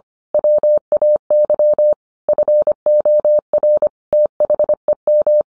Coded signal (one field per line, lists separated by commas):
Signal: Morse code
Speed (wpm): 25 wpm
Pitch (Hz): 600 Hz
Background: none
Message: WAY FOR THEM